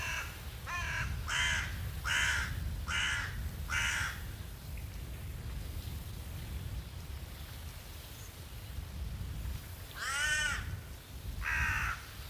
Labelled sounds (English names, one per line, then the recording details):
Hooded Crow call
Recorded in the wild
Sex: group
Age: adult
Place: Loddin, Insel Usedom, Mecklenburg-Vorpommern, DE
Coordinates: 54.0264, 14.0472
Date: 1983-09-26 17:30
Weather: fair, 15°C, light gusty winds
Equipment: Nagra SN, Sennheiser MKH 416 T, Kopie Uher 4000 Report Monitor
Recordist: Tembrock, Günter